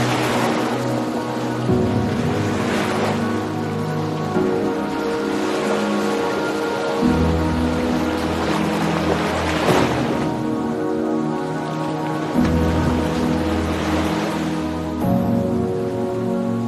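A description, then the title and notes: Soft, lapping water rolls under a bed of simple sustained chords that shift every few seconds, around 2, 7, 12 and 15 seconds. Waves swell into brighter, hissing surges roughly every three to four seconds, while a low drone holds steady throughout. Listen to the rolling waves and lapping water, combined with simple chords mixed in Spatial Audio.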